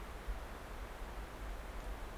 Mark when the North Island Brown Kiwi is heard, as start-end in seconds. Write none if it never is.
none